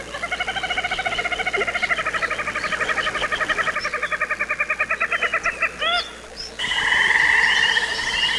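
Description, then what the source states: Little Grebe trilling, a long, fast run of repeated notes that breaks into a few rising notes, followed by a steadier trill. Recorded at Baiyangdian; locally nicknamed 'water gourd'; from a birdwatching notebook.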